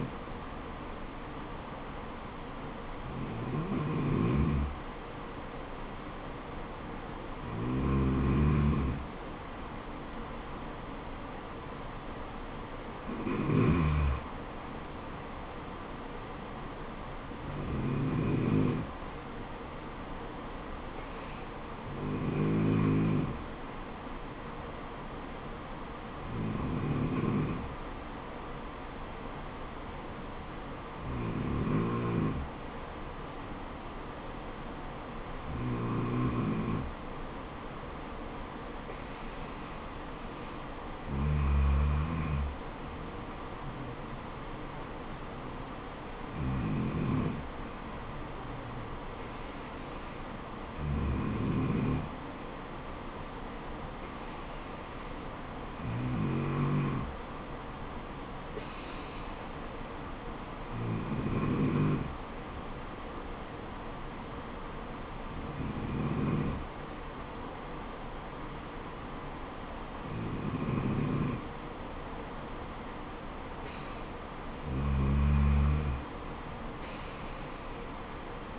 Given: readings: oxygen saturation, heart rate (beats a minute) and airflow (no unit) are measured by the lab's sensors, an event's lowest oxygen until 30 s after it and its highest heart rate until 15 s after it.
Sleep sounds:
breathing in sleep by a voice recorder at the bedside; none
none scored
From the record:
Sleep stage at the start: N2 (light sleep); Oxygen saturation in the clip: 93 to 95%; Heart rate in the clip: 63 to 76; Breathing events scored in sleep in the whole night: 426 in 7.4 hours asleep

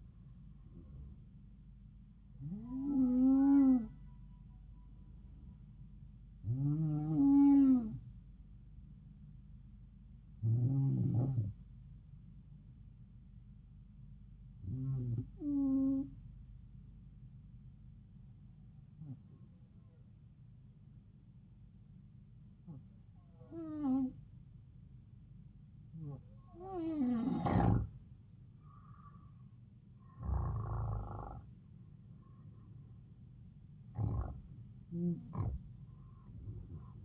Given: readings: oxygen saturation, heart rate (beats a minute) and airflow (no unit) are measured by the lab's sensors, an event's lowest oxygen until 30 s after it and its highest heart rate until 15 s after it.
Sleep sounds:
breathing in sleep by a smartphone at the bedside; 1
10.00-25.00 s: hypopnea (N2, oxygen 94% highest, then 91% lowest, heart rate 74 at the start, 77 highest)
From the record:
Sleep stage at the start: N2 (light sleep); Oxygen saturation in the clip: 91 to 94%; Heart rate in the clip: 71 to 79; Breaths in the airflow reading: 9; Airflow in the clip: -4.3 to 4.6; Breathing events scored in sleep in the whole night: 270 in 6.1 hours asleep

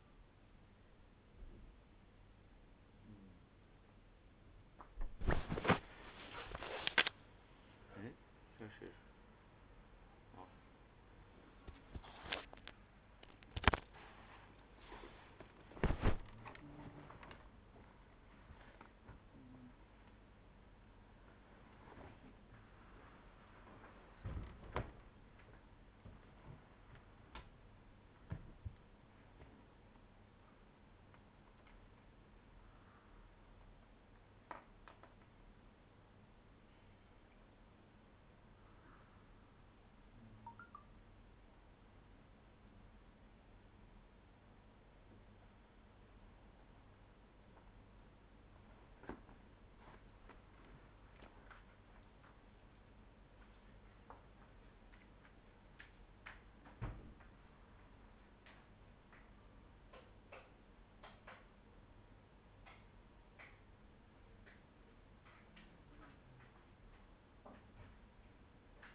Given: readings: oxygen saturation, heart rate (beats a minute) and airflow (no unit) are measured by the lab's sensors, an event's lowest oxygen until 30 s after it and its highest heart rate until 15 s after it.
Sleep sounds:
a person awake in a sleep study, by a voice recorder at the bedside; none
0.00-68.95 s: awake
From the record:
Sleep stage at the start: awake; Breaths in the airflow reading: 23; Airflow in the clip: -0.8 to 0.9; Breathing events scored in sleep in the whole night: 201 in 6.5 hours asleep

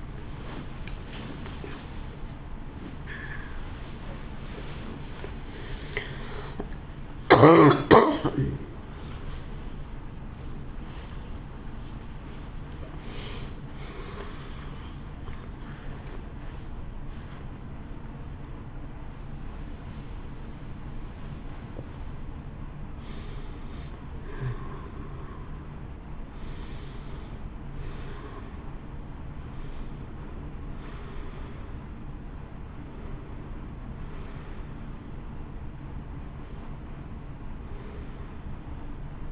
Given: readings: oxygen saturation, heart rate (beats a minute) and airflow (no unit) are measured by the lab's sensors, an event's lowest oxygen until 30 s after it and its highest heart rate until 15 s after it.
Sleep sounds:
a person awake in a sleep study, by a smartphone at the bedside; 1
5.00-35.00 s: new sleep stage, awake
8.00-39.32 s: awake
11.00-23.20 s: hypopnea (scored as awake, oxygen 92% highest, then 88% lowest, heart rate 76 at the start, 78 highest)
35.00-39.32 s: new sleep stage, N1 (lightest sleep)
From the record:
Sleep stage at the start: N1 (lightest sleep); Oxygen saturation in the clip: 88 to 94%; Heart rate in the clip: 69 to 83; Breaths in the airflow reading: 7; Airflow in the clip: -7.4 to 11.9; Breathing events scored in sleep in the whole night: 328 in 6.3 hours asleep

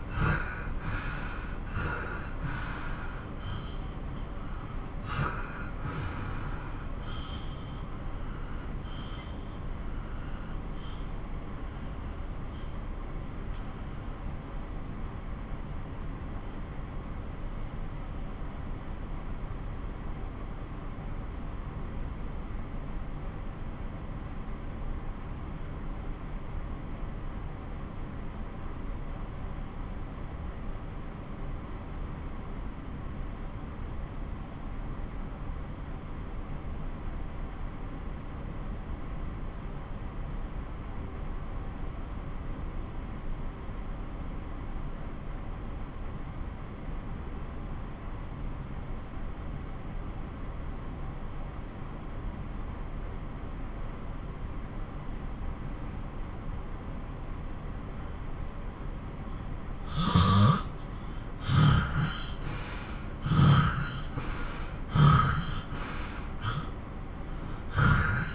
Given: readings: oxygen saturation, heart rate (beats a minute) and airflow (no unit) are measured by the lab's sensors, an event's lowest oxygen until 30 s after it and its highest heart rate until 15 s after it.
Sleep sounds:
breathing in sleep by a smartphone at the bedside; 1
5.00-57.30 s: obstructive apnea (N1, oxygen 95% highest, then 87% lowest)
30.00-60.00 s: new sleep stage, N2 (light sleep)
60.00-68.35 s: new sleep stage, N1 (lightest sleep)
From the record:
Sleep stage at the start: N1 (lightest sleep); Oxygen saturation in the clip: 85 to 95%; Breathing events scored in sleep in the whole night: 217 in 6.3 hours asleep

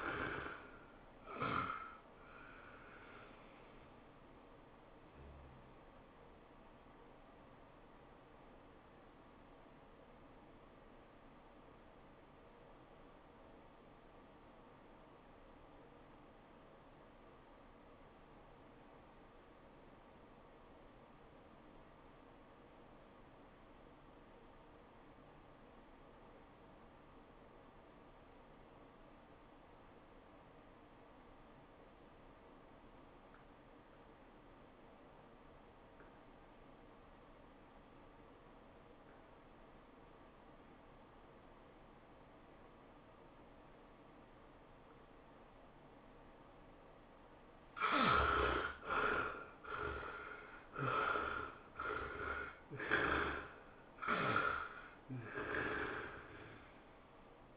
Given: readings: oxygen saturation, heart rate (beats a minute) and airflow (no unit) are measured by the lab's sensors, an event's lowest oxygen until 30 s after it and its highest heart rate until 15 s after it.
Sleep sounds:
breathing in sleep by a voice recorder at the bedside; 1
11.00-49.00 s: obstructive apnea (REM, oxygen 92% highest, then 56% lowest, heart rate 89 at the start, 114 highest)
From the record:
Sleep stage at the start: REM sleep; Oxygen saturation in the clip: 58 to 92%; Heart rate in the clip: 57 to 114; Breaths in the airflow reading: 5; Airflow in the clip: -19.0 to 11.2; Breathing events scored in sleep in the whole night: 403 in 5.5 hours asleep

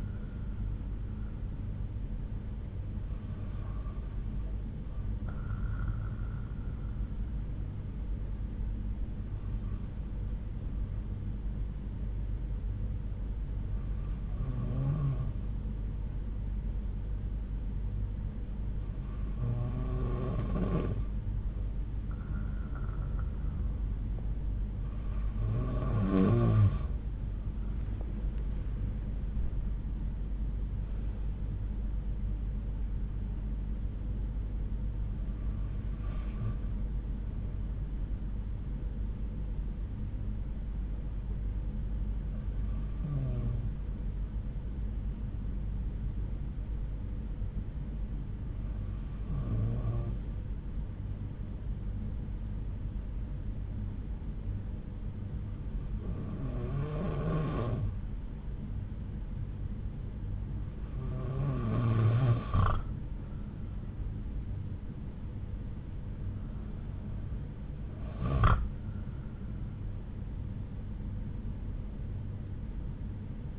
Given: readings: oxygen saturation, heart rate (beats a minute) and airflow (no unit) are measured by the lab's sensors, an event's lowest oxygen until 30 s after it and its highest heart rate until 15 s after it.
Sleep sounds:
breathing in sleep by a smartphone at the bedside; 2
9.00-30.90 s: hypopnea (N2, oxygen 94% highest, then 92% lowest)
28.00-73.59 s: new sleep stage, N1 (lightest sleep)
42.00-68.60 s: hypopnea (N1, oxygen 95% highest, then 93% lowest)
From the record:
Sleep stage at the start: N2 (light sleep); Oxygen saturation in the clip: 92 to 95%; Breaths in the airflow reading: 12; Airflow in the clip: -9.7 to 10.3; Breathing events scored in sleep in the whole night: 368 in 8.0 hours asleep

